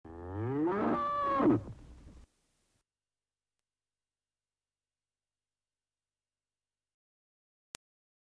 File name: una vaca